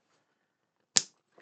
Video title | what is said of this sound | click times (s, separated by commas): Build the Fast & Furious Nissan Skyline GT-R - Pack 5 & 6 - Stages 15-26 | But as you can see, that's both of those in. I could probably get that one in a little bit more. You can hear it click. | 1.0 s